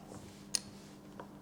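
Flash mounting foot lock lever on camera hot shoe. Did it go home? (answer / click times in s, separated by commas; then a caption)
yes / 0.5 s. A Godox iT30 Pro TTL mini flash is mounted on a camera hot shoe, and its foot lock lever is turned. The lever clicks shut with one sharp click at 0.6 s, followed by a faint softer tick around 1.2 s over quiet background hum. The flash is locked in place.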